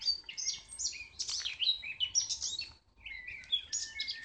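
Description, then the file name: Common nightingale delivering quick whistled and trilled phrases, some notes sliding down in pitch, with a short gap before the song resumes. "Rossignol"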